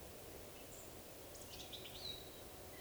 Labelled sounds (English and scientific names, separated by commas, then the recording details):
Eurasian Woodcock (Scolopax rusticola) whistle
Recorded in Baden-Württemberg, Germany, on 11 June 2020 at 19:45 UTC
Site 41501, 195 m above sea level